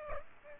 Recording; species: mosquito wingbeat signal from an infrared sensor; Aedes aegypti